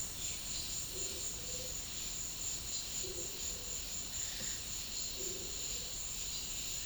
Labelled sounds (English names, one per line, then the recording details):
none
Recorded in dense forest near Puerto Asís, Putumayo, Colombia, on 18 February 2024 at 15:30
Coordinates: 0.502, -76.324
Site G6370